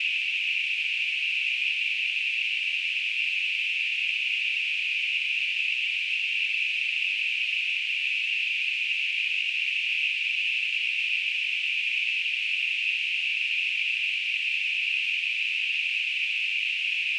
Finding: Tinnitus.